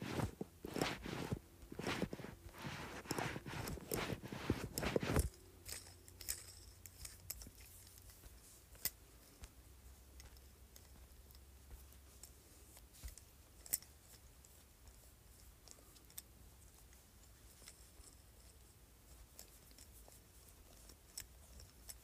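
A jade roller is handled with a rapid run of loud scraping clicks and rubbing strokes over the first five seconds. After that it turns much quieter: a faint low hum underneath, broken by sparse, sharp ticks and small taps every second or two.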